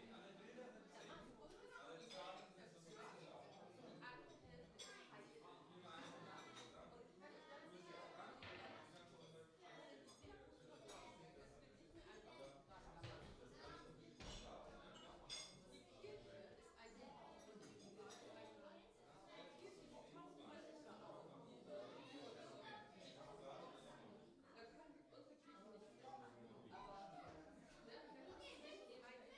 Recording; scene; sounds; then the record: everyday scene through a hearing-aid microphone; many people talking; many voices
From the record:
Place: parish hall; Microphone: in the ear canal, left